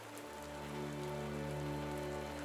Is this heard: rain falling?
yes